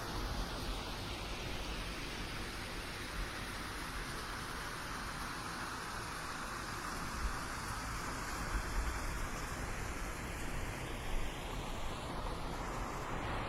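Steady, dense rain hiss fills the whole stretch with an even wash, small louder bumps around eight and eleven seconds, no clear thunder.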